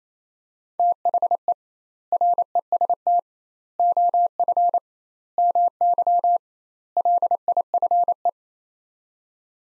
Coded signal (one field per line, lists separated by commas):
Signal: Morse code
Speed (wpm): 28 wpm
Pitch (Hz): 700 Hz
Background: none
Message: THE REST OF MY LIFE